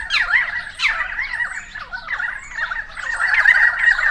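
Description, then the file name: Harsh, squawking currawong calls with downward-slurred notes, several birds overlapping in a continuous noisy chorus. Several currawongs, recorded 28 May 2013. "130528 Currawongs"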